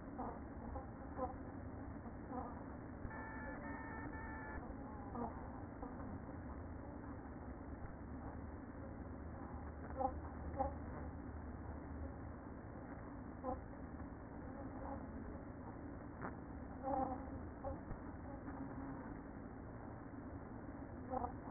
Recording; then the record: honeybee colony, microphone inside the hive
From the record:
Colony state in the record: queen present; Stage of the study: after two queens were removed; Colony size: about 60,000 bees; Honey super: yes